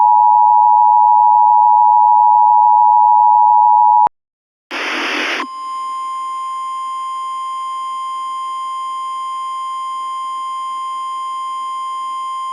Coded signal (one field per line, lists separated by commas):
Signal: Emergency Alert System (SAME) tones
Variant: 853 and 960 Hz attention tone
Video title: (G) EAS Recreation: Maumelle TOR-E (4/27/14)